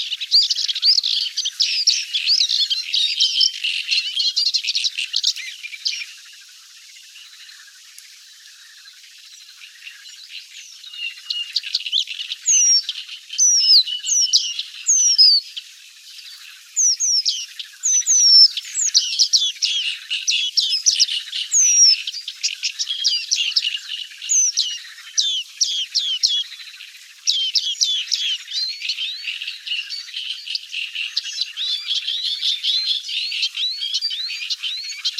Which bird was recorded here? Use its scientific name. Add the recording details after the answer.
Acrocephalus agricola. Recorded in the wild. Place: Astrachan/Kalmückensteppe, Kalmykia, RU. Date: 1993-05-27. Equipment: Dat-Recorder Casio DA 7, Telinga DAT, Telinga-Parabolspiegel. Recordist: Schwarz, Dieter